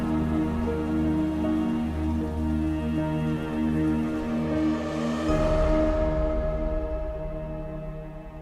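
A steady wash of falling rain hisses continuously over a sustained low tonal drone, the texture thickening briefly midway before easing slightly toward the end.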